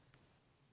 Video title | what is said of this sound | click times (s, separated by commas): OBS T-VCT Tank W/ RBA Base & Giveaway | it just Clips right in just pops right in | 0.1 s